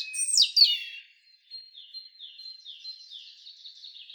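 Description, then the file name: European robin song, opening with a bright descending flourish, then a string of soft, high thin notes repeated at an even pace. "Erithacus rubecula"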